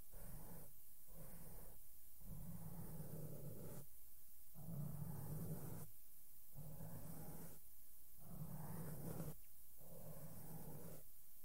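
Soft makeup brushes sweep across a microphone in repeated strokes, each a low, rumbling rush lasting about a second or two. Brief quiet gaps separate the strokes, roughly every second or two, with a steady faint hiss underneath throughout.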